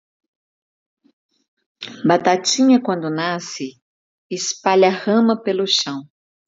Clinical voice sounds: short text; Brazilian Portuguese; female; 40 to 49 years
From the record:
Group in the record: control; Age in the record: 49 years

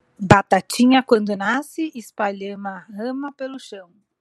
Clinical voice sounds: short text; Brazilian Portuguese; female; 30 to 39 years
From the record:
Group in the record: control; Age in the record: 37 years

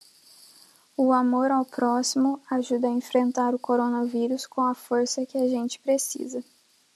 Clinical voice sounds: spoken sentence; Brazilian Portuguese; female; 20 to 29 years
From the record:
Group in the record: control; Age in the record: 24 years

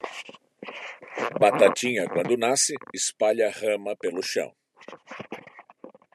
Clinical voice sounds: short text; Brazilian Portuguese; male; 60 to 69 years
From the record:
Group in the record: control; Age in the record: 66 years

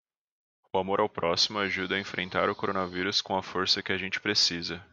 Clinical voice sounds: spoken sentence; Brazilian Portuguese; male; 20 to 29 years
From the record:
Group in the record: control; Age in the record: 29 years

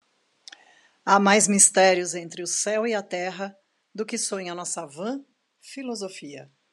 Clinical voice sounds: spoken sentence; Brazilian Portuguese; female; 50 to 59 years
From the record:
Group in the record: control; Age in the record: 53 years

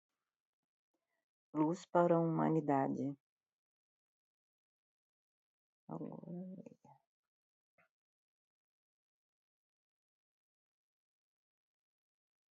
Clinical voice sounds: spoken sentence; Brazilian Portuguese; female; 60 to 69 years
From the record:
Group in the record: control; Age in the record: 61 years

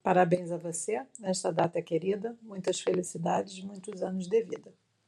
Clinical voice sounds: short text; Brazilian Portuguese; female; 60 to 69 years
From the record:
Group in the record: control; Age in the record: 64 years

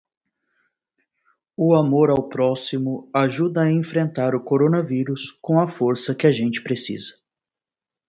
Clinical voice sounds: spoken sentence; Brazilian Portuguese; male; 20 to 29 years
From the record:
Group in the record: control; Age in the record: 24 years

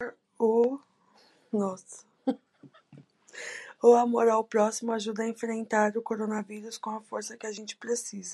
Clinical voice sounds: spoken sentence; Brazilian Portuguese; female; 70 to 79 years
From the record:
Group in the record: control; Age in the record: 79 years

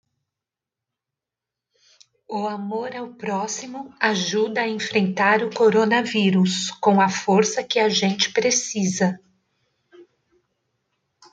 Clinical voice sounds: spoken sentence; Brazilian Portuguese; female; 50 to 59 years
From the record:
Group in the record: control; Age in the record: 53 years

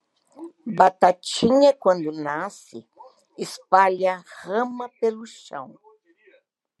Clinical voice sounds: short text; Brazilian Portuguese; female; 70 to 79 years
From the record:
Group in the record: control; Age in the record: 71 years

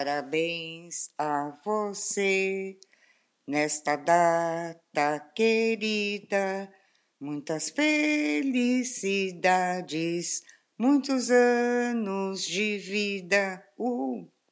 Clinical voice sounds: short text; Brazilian Portuguese; female; 60 to 69 years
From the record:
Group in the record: control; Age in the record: 63 years

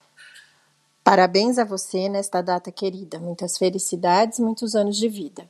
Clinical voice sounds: short text; Brazilian Portuguese; female; 40 to 49 years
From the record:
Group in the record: control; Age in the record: 48 years

